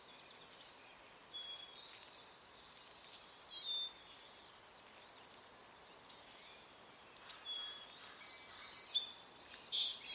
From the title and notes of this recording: A field recording captured this very morning. Oaks Bottom Wildlife Refuge, Portland, Oregon USA. This is the chorus of the Pacific Tree Frog starting and stopping.